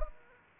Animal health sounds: mosquito wingbeat signal from an infrared sensor; Aedes aegypti

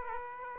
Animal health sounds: mosquito wingbeat signal from an infrared sensor; Aedes aegypti

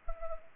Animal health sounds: mosquito wingbeat signal from an infrared sensor; Culex pipiens

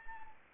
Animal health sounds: mosquito wingbeat signal from an infrared sensor; Anopheles gambiae

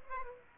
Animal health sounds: mosquito wingbeat signal from an infrared sensor; Aedes aegypti

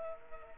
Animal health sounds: mosquito wingbeat signal from an infrared sensor; Culex quinquefasciatus

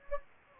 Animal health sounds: mosquito wingbeat signal from an infrared sensor; Anopheles gambiae

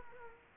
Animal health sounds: mosquito wingbeat signal from an infrared sensor; Culex quinquefasciatus

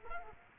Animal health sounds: mosquito wingbeat signal from an infrared sensor; Culex quinquefasciatus

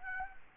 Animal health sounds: mosquito wingbeat signal from an infrared sensor; Culex quinquefasciatus

